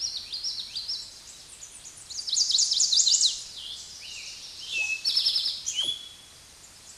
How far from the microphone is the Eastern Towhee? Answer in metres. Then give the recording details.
about 5 m. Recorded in a Pennsylvania forest on 16 May 2024 at 06:14. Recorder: AudioMoth, point MSD-0627. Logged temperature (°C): 14.8 °C. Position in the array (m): 110 m, 6 m